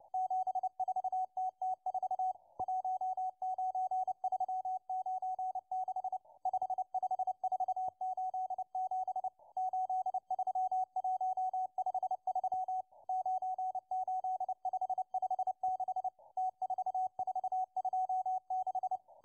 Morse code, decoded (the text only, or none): 74TT4 19396 55487 83153 98556 T4426